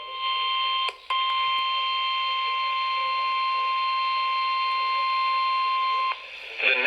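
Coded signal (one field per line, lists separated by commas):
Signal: Emergency Alert System (SAME) tones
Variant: 1050 Hz attention tone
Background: speech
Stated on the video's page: Flash flood warning tones received on an FM broadcast station.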